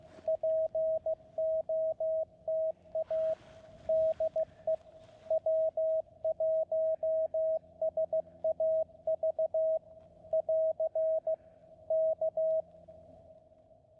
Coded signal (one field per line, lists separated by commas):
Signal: Morse code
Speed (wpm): 15 wpm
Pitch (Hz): 640 Hz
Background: radio noise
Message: POTA DE W1SAV <AR> K